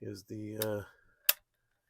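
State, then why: Seated. The safety lever in the receiver of a Stevens Model 85A rimfire semi-automatic rifle is moved into position, giving one sharp metallic detent click at 1.3 seconds after someone talks. The safety seats with a positive click.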